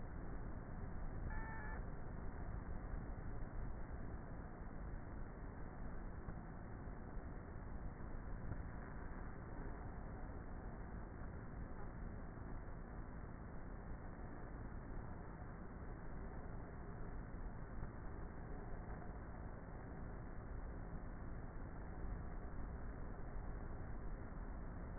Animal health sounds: honeybee colony, microphone inside the hive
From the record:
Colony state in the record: queenless with a low population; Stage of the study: before two queens were removed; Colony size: about 30,000 bees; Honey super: no

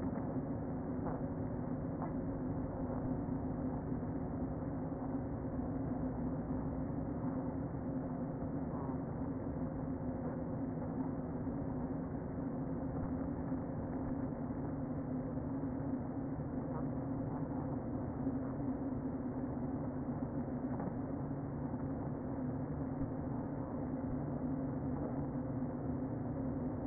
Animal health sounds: honeybee colony, microphone inside the hive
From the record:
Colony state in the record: queen present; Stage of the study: before two queens were removed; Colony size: about 60,000 bees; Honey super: yes

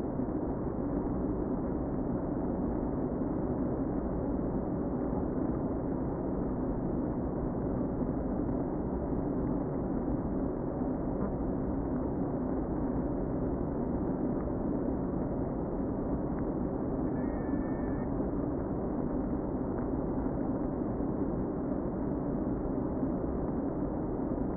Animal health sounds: honeybee colony, microphone inside the hive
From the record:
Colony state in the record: queen present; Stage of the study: before two queens were removed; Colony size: about 60,000 bees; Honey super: yes

